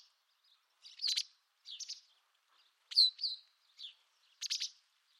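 Bird calls, a handful of buzzy, rasping chirps and one falling whistled slur, spaced irregularly across a few seconds of otherwise quiet air.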